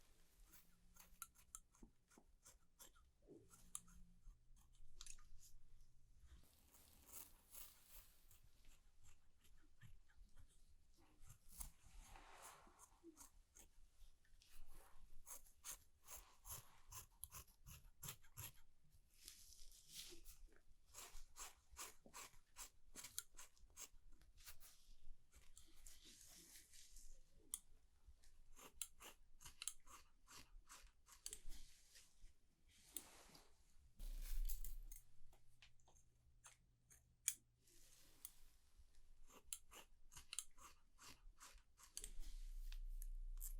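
Haircut sounds with rapid, irregular scissor snips throughout, bursts of brighter rustling, and a low steady hum near the start and around 35 seconds.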